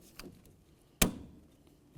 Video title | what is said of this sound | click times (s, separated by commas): How to Replace Front Exterior Door Handle 2000-2005 Buick LeSabre | i've got a nice click | 1.0 s